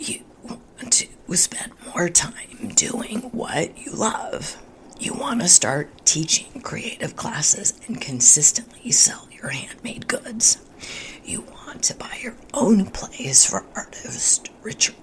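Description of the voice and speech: Adult woman speaking with spasmodic dysphonia, a vocal condition; her voice sounds hoarse and breathy, with much of the speech coming out weak and nearly whispered.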